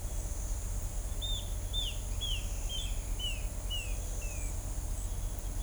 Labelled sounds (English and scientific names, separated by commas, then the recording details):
Pale-tipped Inezia (Inezia caudata)
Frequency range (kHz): Pale-tipped Inezia (Inezia caudata) 2.2-3.9 kHz
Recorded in shrubland near Pivijay, Magdalena, Colombia, on 3 June 2023 at 08:00
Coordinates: 10.453, -74.365
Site P5-G022